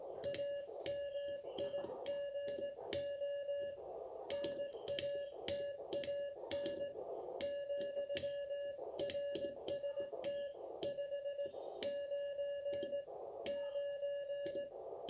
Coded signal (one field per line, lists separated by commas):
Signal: Morse code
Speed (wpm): 18 wpm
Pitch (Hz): 570 Hz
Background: none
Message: AMIGO NATAN , RST 599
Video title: QSO QRP K1 5W PS7HD X PT7ON